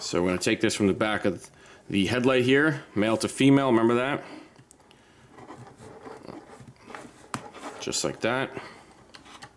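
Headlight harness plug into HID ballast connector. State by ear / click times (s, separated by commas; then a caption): not seated / none. Someone talks while handling a Morimoto HID 35w 4500k kit, bringing the male plug from the back of the headlight up to the female connector of the HID ballast harness. After the talking come quiet plastic handling ticks and taps, the sharpest near 7.3 seconds. The plug has not seated or clicked in yet.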